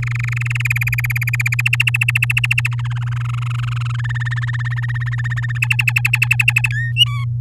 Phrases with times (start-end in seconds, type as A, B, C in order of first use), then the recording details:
0.00-0.62 A, 0.65-1.61 B, 1.65-2.68 C, 2.71-3.92 D, 3.94-5.58 E, 5.62-6.68 F, 6.71-6.92 G, 6.96-7.25 H. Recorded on 11 May 2018 at 05:31. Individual llb16